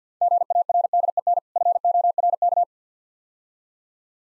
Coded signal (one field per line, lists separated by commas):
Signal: Morse code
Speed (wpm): 53 wpm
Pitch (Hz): 700 Hz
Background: none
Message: GARDEN FORK